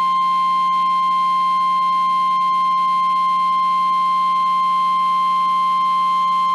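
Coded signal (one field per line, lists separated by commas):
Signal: Emergency Alert System (SAME) tones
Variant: 1050 Hz attention tone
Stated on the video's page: NOAA Weather Radio activations: severe thunderstorm watches and warnings plus Required Weekly Tests.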